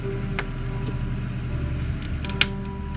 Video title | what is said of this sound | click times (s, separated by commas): AGORA Models 1:200 Scale Build the R.M.S. TITANIC Shipment 9 (Build Video) | hear that little snap that's always a good thing when you hear that | 2.4 s